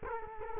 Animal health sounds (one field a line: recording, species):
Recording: mosquito wingbeat signal from an infrared sensor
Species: Culex quinquefasciatus